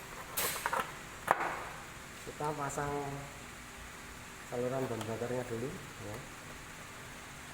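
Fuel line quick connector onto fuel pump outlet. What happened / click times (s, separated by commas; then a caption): The fuel line connector is handled but not yet seated / none. During reassembly of a fuel-injected motorcycle's fuel system, a fuel line quick connector is handled and fitted toward the fuel pump outlet, giving short handling rattles around 0.4 s and 0.7 s and a sharp tap at 1.3 s. Someone then talks over a quiet background, and nothing has seated or clicked home yet.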